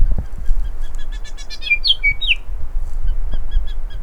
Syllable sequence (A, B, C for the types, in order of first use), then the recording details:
A A B B B B C D E F. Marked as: Stutter(decurved), Stutter(alarmy), Nailpolish, Down(notched), Pipe(hi+tinystepup4), Down(CUV1). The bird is a female. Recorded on Cuvier Island, New Zealand, on 5 November 2016. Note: StutterTypFCuvSong